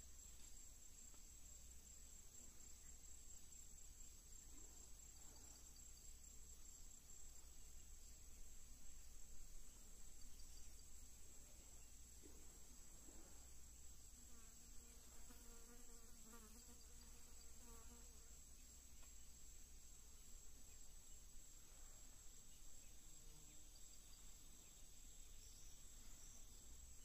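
Atlantic Forest ambience: a steady, shrill insect chorus rings high and unbroken across the whole clip over a low, constant rumble. Between about 12 and 17 seconds, a few lower wavering calls rise briefly through the middle.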